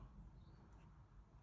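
A plastic battery pack is held up to the back of a Mitex General Xtreme handheld two-way radio and lined up just before being clipped on. Only a low, steady background hum is heard, with no sharp hits. Nothing has seated or clicked yet.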